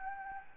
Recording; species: mosquito wingbeat signal from an infrared sensor; Anopheles gambiae